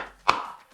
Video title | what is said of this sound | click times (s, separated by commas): Shadow Defense Creed | so for example on this holster we make it so there's a audible click | 0.3 s